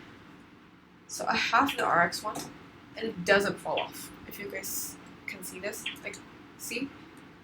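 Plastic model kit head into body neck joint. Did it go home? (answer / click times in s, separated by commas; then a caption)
no / none. A plastic Gundam model kit (RX) head is handled at its body's neck joint while someone talks over light background hum. Nothing has seated or clicked yet.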